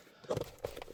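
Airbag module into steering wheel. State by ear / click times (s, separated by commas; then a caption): seated / 0.3 s, 0.7 s. A plastic airbag module on a Ford Focus MK3.5 is pushed onto the steering wheel until its retaining clips engage. Sharp clicks are heard at 0.3 s and 0.7 s, with smaller taps around them. The module is confirmed clicked in and seated.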